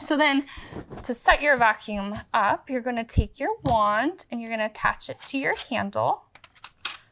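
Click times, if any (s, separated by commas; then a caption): none. Someone talks while handling the plastic wand of a Miele Blizzard CX1 Pure Suction bagless canister vacuum, bringing it to the hose handle to attach it. A few short, faint taps follow near the end. The wand has not yet seated or clicked into the handle.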